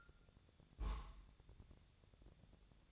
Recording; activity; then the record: daily activity, microphone in the room; place on stove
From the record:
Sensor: 3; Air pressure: 999.3 hPa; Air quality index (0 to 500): 197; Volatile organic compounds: 43 ppm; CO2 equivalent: 3203 ppm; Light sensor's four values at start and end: 7/18/7/7 and 7/18/7/7